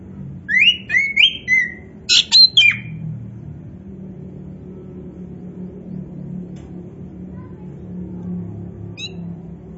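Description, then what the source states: Oriental magpie-robin delivering a brief burst of whistled, slurred and buzzy notes at the start, followed by near silence with steady low hum. Indonesian name kacer poci; gacor, describing a bird that sings actively and persistently.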